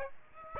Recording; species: mosquito wingbeat signal from an infrared sensor; Aedes aegypti